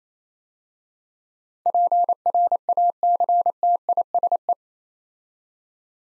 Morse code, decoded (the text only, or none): PRACTISE